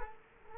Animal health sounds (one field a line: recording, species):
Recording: mosquito wingbeat signal from an infrared sensor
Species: Culex quinquefasciatus